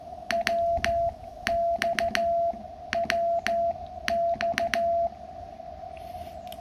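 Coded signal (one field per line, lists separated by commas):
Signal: Morse code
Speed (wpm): 15 wpm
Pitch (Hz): 680 Hz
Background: none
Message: W X WX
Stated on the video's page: Morse from an amateur station working a contact with a tube transceiver.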